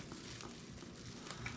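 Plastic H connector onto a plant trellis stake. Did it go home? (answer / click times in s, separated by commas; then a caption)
no / none. A plastic H-shaped connector is pushed onto a plant trellis stake piece but fails to lock and falls off again, with the connection suspected to have worn weak. Only a few faint short knocks, most likely the piece dropping, are heard around 0.4, 0.5, 1.3 and 1.5 seconds over a steady hiss. Nothing has snapped or clicked into place yet.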